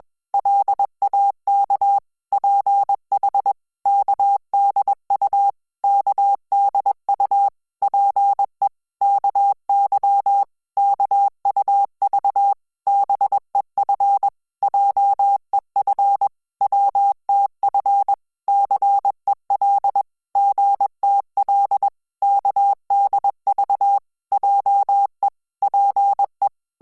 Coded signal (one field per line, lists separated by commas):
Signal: Morse code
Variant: Korean alphabet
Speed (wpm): 21 wpm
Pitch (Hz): 800 Hz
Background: none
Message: 공 주 의 의 자 에 일 단 한 번 착 석 을 하 자